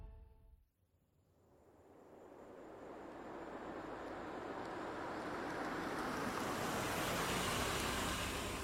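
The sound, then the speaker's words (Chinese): A car pulls up and stops at the entrance of the Yuegong Hall (月宫馆) at midnight: a broad, rushing rumble of engine and tyre noise swells steadily after a brief quiet gap and holds loud to the end, with no voices. “小汽车停在月宫馆门口的时候，怀表的指针正好停在午夜12点。”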